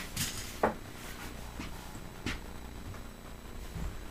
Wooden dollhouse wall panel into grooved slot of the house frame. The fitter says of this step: going to slide this in here like this again you'll hear it lock in when it goes into that groove there